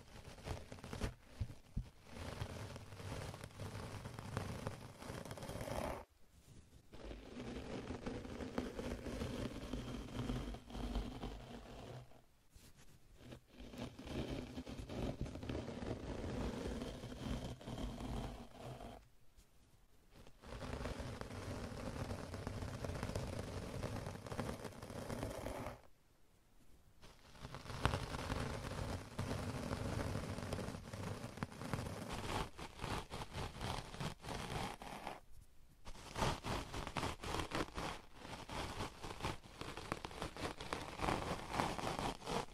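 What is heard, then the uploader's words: Sponges rub, scratch and squish directly against the microphone in dense, continuous bursts of close, rough noise. The texture stays thick and gritty, with brief silent gaps near 6, 12, 20, 26 and 35 seconds before the brushing resumes. ASMR Sponges on Mic Scratching, Brushing, Squishing, Crinkle etc No Talking.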